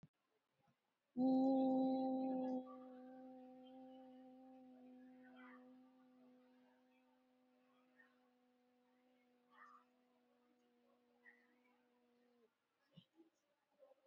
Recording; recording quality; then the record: sustained vowel as in boot; excellent, no background noise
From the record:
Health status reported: exposed to COVID-19, no respiratory illness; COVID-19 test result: negative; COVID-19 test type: RT-PCR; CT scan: taken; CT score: 25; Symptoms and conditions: fever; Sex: female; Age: 51 years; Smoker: no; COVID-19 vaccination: both doses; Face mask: worn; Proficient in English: yes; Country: India